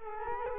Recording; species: mosquito wingbeat signal from an infrared sensor; Culex quinquefasciatus